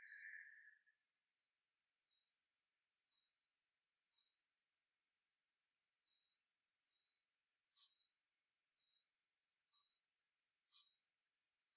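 Bat calls: short, sharp, high-pitched chirps sweeping downward, repeated roughly once a second with uneven gaps, plus a faint lower buzz at the start.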